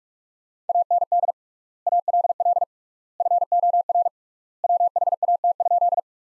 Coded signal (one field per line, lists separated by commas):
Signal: Morse code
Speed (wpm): 46 wpm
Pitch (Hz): 700 Hz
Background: none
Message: AND ALL FOR WHAT?